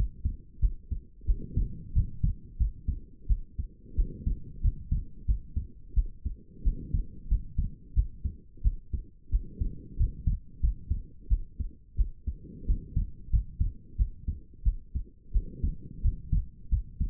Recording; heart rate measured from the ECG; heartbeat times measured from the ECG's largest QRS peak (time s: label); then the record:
heart sounds by stethoscope; 89 bpm
0.60 s: heartbeat
1.25 s: heartbeat
1.93 s: heartbeat
2.57 s: heartbeat
3.27 s: heartbeat
3.95 s: heartbeat
4.61 s: heartbeat
5.25 s: heartbeat
5.94 s: heartbeat
6.62 s: heartbeat
7.28 s: heartbeat
7.94 s: heartbeat
8.62 s: heartbeat
9.30 s: heartbeat
9.96 s: heartbeat
10.60 s: heartbeat
11.28 s: heartbeat
11.95 s: heartbeat
12.65 s: heartbeat
13.30 s: heartbeat
13.96 s: heartbeat
14.63 s: heartbeat
15.31 s: heartbeat
16.01 s: heartbeat
16.69 s: heartbeat
From the record:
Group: healthy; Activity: rest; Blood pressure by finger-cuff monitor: 78/52 mmHg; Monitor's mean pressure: 61 mmHg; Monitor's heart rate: 89 bpm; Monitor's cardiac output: 7 L/min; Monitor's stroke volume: 78 mL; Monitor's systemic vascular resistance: 610 dyn s/cm5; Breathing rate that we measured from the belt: 21 breaths a minute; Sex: female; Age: 19 years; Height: 163 cm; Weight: 48.9 kg